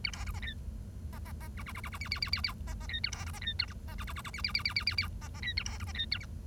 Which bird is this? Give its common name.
Bengalese Finch